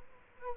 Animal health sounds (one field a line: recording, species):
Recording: mosquito wingbeat signal from an infrared sensor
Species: Culex quinquefasciatus